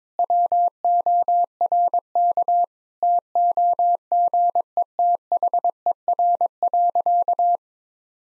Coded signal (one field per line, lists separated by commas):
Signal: Morse code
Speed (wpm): 22 wpm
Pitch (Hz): 700 Hz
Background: none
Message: WORK TOGETHER.